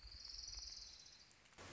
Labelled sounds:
Orange-crowned Warbler
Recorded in Sonoma County, California

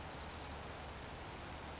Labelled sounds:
Western Flycatcher
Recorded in Sonoma County, California

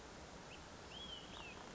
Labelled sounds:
Olive-sided Flycatcher
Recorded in Sonoma County, California

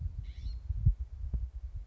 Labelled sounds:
California Scrub-Jay
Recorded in Sonoma County, California

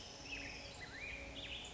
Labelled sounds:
Black-headed Grosbeak
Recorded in Sonoma County, California

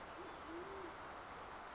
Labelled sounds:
Band-tailed Pigeon
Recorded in Sonoma County, California

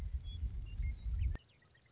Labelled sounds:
Western Meadowlark
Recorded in Sonoma County, California

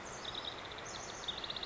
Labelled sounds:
House Wren
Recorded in Sonoma County, California

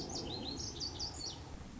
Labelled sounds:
Lazuli Bunting
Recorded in Sonoma County, California

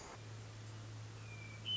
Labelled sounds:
Hermit Thrush
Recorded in Sonoma County, California

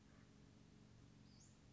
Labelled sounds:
Western Flycatcher
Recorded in Sonoma County, California

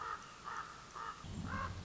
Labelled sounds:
Common Raven
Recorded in Sonoma County, California

